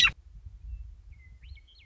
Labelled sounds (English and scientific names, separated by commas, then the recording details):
Western Meadowlark (Sturnella neglecta)
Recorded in Sonoma County, California